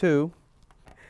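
A cheek pad snap clip, the third of three, is being pressed toward a motorcycle helmet shell. Someone talks briefly at the start, followed by a few faint handling taps and rustles. Nothing has seated or clicked yet.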